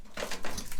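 A fitting on the metal mounting frame for a wall-hung toilet is handled and pushed toward its locking position, with soft scraping and rubbing noises that grow louder toward the end. Nothing has seated or clicked yet.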